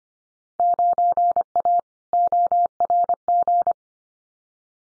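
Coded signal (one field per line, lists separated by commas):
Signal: Morse code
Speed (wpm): 25 wpm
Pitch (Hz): 700 Hz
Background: none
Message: 9A ORG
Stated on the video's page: Field Day exchange head-copy drill at 25 wpm; each exchange sent in Morse, spoken, then sent again.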